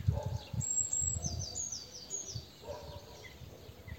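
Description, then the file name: Eurasian blue tit calling, a quick run of thin, high descending notes in the first half, with a lower warbled note and dull low thumps in the background. "Cyanistes caeruleus"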